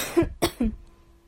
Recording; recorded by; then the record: voluntary cough; messaging app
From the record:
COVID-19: negative